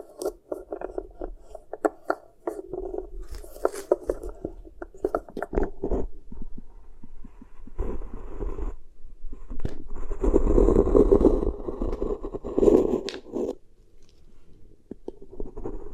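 Beeswax being pressed and worked over the ear, giving soft sticky crackles and taps. The first six seconds are busy with quick, irregular clicks, then a quieter stretch follows before a denser, louder rubbing swell from about ten to thirteen seconds, ending in sparse crackles.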